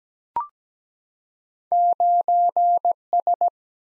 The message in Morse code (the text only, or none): 9S